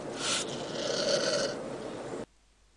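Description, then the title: American black vulture giving a single long rasping hiss, about two seconds, ending abruptly in silence. Sound presented as the American black vulture, or zopilote, singing, offered as a call for attracting vultures. "Pavanegra. Buitre Negro Americano o Zopilote Cantando Sonido para Llamar"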